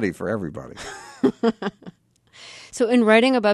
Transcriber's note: soundbite of laughter